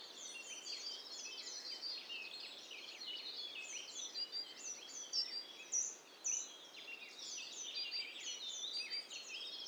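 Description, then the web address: Birds calling together in a dense chorus of high chirps, trills and whistled notes overlapping continuously, with a soft background hiss. Several birds calling at once, in stereo. "Hi Fi STEREO BIRD COCKTAIL PARTY Challenge"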